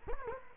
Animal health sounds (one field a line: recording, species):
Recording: mosquito wingbeat signal from an infrared sensor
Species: Culex quinquefasciatus